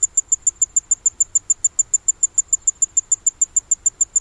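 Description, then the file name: Tinkling ground cricket producing a continuous series of sharp, very high tinkling pulses, evenly spaced and unbroken throughout. "Tinkling Ground Cricket (Wild America)"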